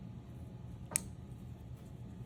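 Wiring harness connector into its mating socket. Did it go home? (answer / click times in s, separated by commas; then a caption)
yes / 1.0 s. A wiring harness connector for a CAC switch-on-the-fly (SOTF) switch is plugged into its mating socket while the switch is being installed on a 2023+ Ford diesel. Over a quiet, low background rumble, a single sharp click sounds at 1.0 s, and the connector is seated.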